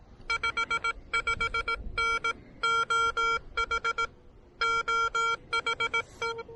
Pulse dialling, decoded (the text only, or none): none